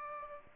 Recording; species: mosquito wingbeat signal from an infrared sensor; Aedes aegypti